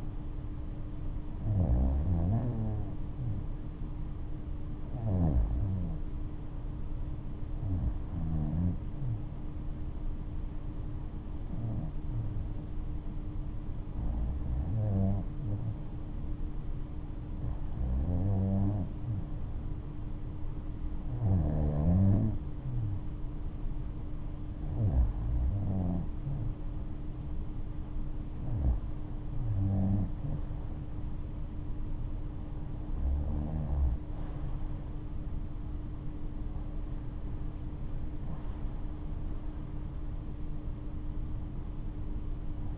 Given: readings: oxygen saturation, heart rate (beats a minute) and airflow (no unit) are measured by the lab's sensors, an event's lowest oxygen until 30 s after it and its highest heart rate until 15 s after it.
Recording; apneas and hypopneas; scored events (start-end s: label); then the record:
breathing in sleep by a smartphone at the bedside; none
none scored
From the record:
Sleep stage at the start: REM sleep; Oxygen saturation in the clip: 93 to 94%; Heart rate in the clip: 75 to 82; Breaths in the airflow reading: 11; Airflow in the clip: -11.9 to 12.1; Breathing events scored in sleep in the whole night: 228 in 5.4 hours asleep